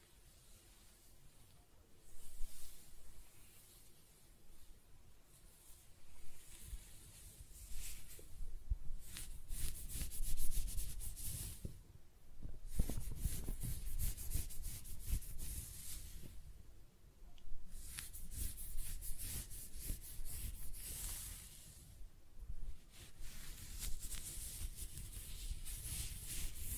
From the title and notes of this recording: ASMR Close-Up Hair Sounds - Scratching, Brushing, Stroking (No Talking).